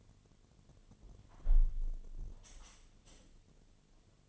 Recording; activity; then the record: daily activity, microphone in the room; close window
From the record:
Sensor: 4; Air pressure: 1007.3 hPa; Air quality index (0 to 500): 189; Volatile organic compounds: 6 ppm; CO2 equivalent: 1882 ppm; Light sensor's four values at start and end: 23/73/28/27 and 23/73/28/27